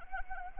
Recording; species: mosquito wingbeat signal from an infrared sensor; Anopheles arabiensis